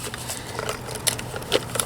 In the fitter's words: lock into place each side